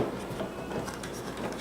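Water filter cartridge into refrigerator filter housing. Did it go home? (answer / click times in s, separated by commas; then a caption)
no / none. A new plastic EveryDrop Filter 3 water filter cartridge is lined up inside the filter housing of a Whirlpool/Kenmore refrigerator and pushed straight back, with low, steady handling rustle and a brief louder scrape near 1.0 s. The clip ends before the cartridge goes home; nothing has seated or clicked yet.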